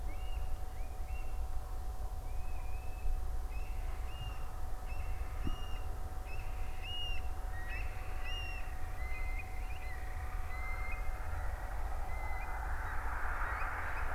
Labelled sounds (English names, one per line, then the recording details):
Eurasian Stone-curlew
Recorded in France